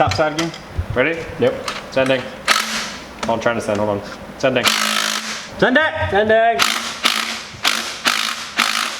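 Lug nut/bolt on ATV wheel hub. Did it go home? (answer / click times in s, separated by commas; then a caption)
no / 7.1 s, 7.7 s. Someone talks while a ratchet tightens a lug nut/bolt holding a gym-weight plate wheel onto an ATV hub, with sharp ratchet and pawl clicks at 7.1 s and 7.7 s. The wheel fastener's thread strips under the ratchet.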